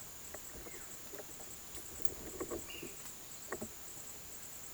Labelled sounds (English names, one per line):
none